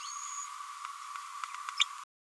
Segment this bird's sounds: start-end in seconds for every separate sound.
1.79-1.85